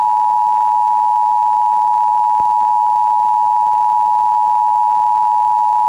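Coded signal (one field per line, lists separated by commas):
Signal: Emergency Alert System (SAME) tones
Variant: 853 and 960 Hz attention tone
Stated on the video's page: Pennsylvania Required Monthly Test received from multiple broadcast stations, some weak, some distant via tropospheric propagation.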